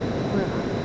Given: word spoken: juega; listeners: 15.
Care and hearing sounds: one Spanish word in noise, from a listening test; speech-shaped noise; -4.4 dB; 0 of 15; 13 of 15; 0.46 s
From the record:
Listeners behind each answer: 13, 1, 1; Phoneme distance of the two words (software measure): 27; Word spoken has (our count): 2 syllables, 5 phonemes, stress on syllable 1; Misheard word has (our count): 2 syllables, 6 phonemes, stress on syllable 1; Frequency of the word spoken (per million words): 27.78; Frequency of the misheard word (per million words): 105.61

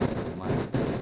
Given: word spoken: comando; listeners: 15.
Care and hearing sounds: one Spanish word in noise, from a listening test; noise modulated by one talker; -11.3 dB; 0 of 15; 6 of 15; 0.62 s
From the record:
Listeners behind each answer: 6, 3, 2, 1, 1, 1, 1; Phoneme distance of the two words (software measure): 44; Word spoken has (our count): 3 syllables, 7 phonemes, stress on syllable 2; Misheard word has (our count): 2 syllables, 5 phonemes, stress on syllable 2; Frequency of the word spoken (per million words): 27.48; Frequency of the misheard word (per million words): 15.80

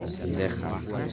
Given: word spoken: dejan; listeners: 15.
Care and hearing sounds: one Spanish word in noise, from a listening test; eight-talker babble; 0.4 dB; 0 of 15; 12 of 15; 0.73 s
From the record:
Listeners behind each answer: 12, 2, 1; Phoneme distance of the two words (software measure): 7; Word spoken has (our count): 2 syllables, 5 phonemes, stress on syllable 1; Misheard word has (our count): 2 syllables, 4 phonemes, stress on syllable 1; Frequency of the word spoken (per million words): 38.28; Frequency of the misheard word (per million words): 116.92

